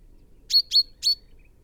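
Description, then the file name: Common chaffinch calls, three emphatic high notes in quick series, each with a thin drawn-out tail, over quiet background. "Fringilla coelebs"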